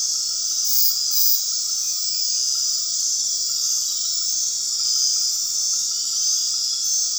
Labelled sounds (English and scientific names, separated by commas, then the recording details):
none
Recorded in dense forest near Puerto Asís, Putumayo, Colombia, on 18 February 2024 at 21:00
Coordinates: 0.499, -76.324
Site G6469